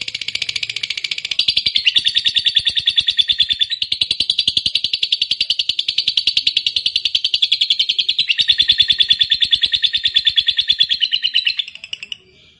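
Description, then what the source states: Lovebird song: a long, energetic, trilling chatter of rapid buzzy notes with slight pitch shifts. It keeps up for about eleven seconds before stopping. Fighter-type lovebird singing energetically (gacor).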